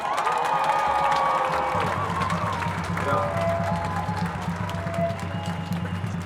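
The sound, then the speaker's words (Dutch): A crowd at a demonstration against racism and fascism on 22 March 2025 bursts into loud, sustained applause for a speaker called to the stage, dense clapping mixed with cheers and shouting voices, while a low humming, pulsing tone runs steadily underneath throughout. “En mag ik een luid applaus voor”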